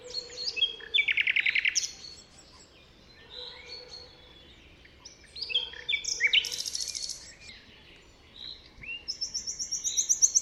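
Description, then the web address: Common nightingale singing varied phrases: buzzy rattles, a loud series of repeated notes, rich trills and high rapid repeated notes, separated by short pauses. "chant didier collin rossignol philomele"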